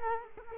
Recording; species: mosquito wingbeat signal from an infrared sensor; Culex quinquefasciatus